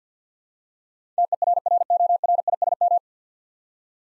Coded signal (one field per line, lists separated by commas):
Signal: Morse code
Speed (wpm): 50 wpm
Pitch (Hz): 700 Hz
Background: none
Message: TERRORISM